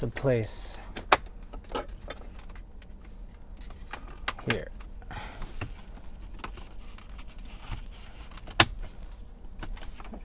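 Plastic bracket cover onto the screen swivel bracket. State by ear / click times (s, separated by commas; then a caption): seated / 8.6 s. A plastic cover is pressed onto the screen swivel bracket in a Tesla while someone talks, with scattered small clicks and handling taps. At 8.6 s a sharp, loud snap is heard as the cover seats in place.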